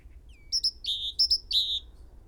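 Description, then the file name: Great tit call series: a soft descending whistle, then three phrases of bright high notes, each falling to a lower note. "Parus major"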